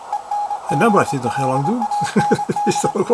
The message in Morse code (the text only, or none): ENGLAND